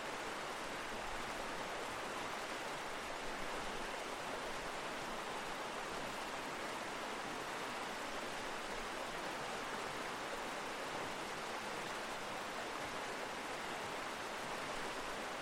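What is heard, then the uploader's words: A Welsh mountain river swollen after rain rushes and churns in a steady, dense roar. The hiss fills everything from low rumble to bright spray without letup, with constant fine splashing texture and no distinct events across the fifteen seconds. The autumn song of a Welsh mountain river. You're in a wintry valley following a boisterous stream high into the Welsh hills. After recent rain, the water boils and churns and the river's song is wild and free. Recorded by Fergus Collins.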